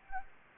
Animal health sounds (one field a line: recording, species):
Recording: mosquito wingbeat signal from an infrared sensor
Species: Anopheles gambiae